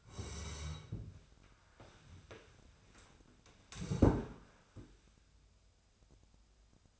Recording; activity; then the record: daily activity, microphone in the room; sit down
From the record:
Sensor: 2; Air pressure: 1015.1 hPa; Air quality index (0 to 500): 162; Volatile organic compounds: 8 ppm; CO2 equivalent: 2111 ppm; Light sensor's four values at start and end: 12/33/13/14 and 12/33/13/14